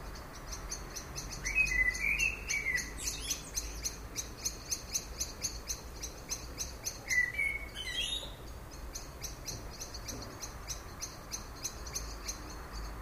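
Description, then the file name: Common blackbird singing two brief warbled phrases with high squeaky endings, separated by several seconds, against a constant fast rhythmic ticking in the background. "Turdus merula"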